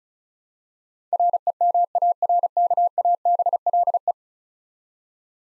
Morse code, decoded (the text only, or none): REMARKABLE